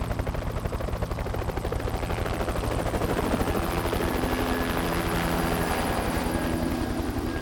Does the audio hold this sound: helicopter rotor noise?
yes